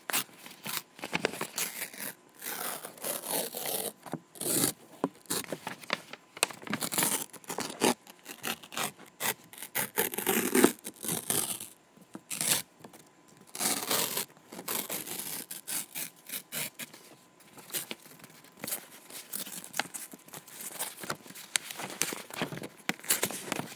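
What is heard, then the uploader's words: Paper is ripped and torn in quick, bright bursts, one after another across the whole clip with only brief pauses between them. The tearing comes in irregular strokes, some longer rasping pulls and some short snaps, with rubbing and crinkling mixed in. Ambient ASMR - Ripping Paper. Paper ripping and tearing.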